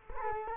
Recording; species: mosquito wingbeat signal from an infrared sensor; Culex quinquefasciatus